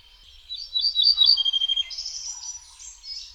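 Ortolan bunting delivering a rapid row of clear repeated notes, followed by softer, scratchier high warbling.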